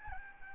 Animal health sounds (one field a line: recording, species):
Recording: mosquito wingbeat signal from an infrared sensor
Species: Aedes albopictus